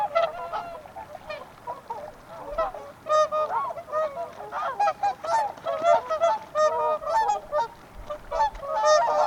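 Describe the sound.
Whooper swans giving loud trumpeting honks, many birds overlapping in bursts.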